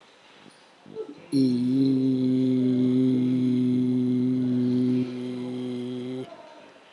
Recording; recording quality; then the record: sustained vowel as in beet; excellent, no background noise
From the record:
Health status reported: COVID-19 positive, moderate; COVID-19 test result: positive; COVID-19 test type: RT-PCR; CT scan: not taken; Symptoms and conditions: cough, cold, loss of smell and taste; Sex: male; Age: 28 years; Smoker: no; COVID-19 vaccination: none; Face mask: not worn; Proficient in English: yes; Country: India